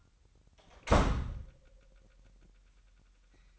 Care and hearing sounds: daily activity, microphone in the room; close door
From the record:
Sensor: 3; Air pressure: 998.4 hPa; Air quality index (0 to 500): 144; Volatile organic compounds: 5 ppm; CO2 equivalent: 1725 ppm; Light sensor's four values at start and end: 16/45/18/17 and 16/45/18/17

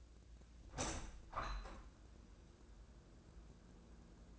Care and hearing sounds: daily activity, microphone in the room; open window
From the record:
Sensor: 2

